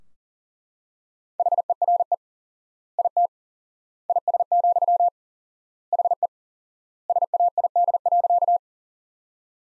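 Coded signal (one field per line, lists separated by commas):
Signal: Morse code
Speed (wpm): 40 wpm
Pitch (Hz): 700 Hz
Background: none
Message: HERE IT IS, HE SAID.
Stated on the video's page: Morse practice at 40 wpm, sentences from top 200 words with 4x word spacing, similar to the Farnsworth method.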